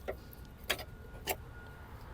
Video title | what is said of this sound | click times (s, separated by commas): How to: Scion iQ Battery Change DIY (Type 51 Replace) #scioniq #iq #toyotaiq #scion | we're gonna put in the brackets first. Make sure it clips to the base | 0.7 s